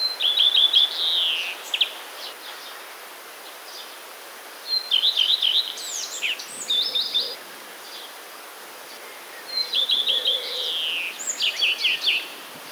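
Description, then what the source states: Common redstart singing three short phrases about five seconds apart, each opening with a high whistle, then quick repeated chirps and a buzzy, sparrow-like ending. Song includes mimicry of sparrows; recorded 5 June 2022.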